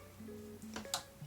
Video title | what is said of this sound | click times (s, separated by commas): THIS is the Trafalgar Law figure to get! -- Portrait Of Pirates "WA-MAXIMUM" - Kakusei (Awakening) | So, now now that I have this arm here this arm locked into place, this is held to this piece. | 0.9 s